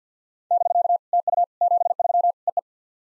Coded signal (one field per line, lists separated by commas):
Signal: Morse code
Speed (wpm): 48 wpm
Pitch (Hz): 700 Hz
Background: none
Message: <BK> TU 73 EE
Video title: SOTA QSO Practice 50wpm